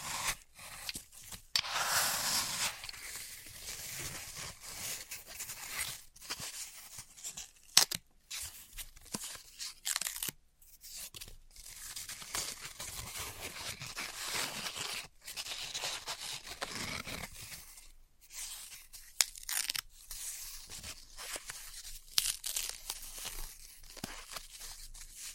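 Floral foam is cut, crushed and crumbled, giving dense, dry crackling and tearing textures that run almost continuously. A bright, hissing tear swells near two seconds, and short gaps break the activity around eight, ten and eighteen seconds before the crunching resumes.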